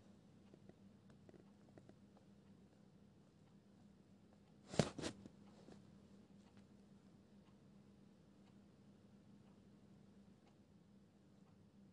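Pencil ASMR in a quiet setting: a steady low hum runs underneath, with faint scattered ticks and taps throughout. Just before the five-second mark comes a brief, louder double rustle, like a page being flipped, before the quiet hum and light ticks resume.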